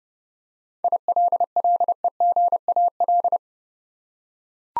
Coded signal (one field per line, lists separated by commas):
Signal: Morse code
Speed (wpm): 29 wpm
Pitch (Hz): 700 Hz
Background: none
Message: ILLEGAL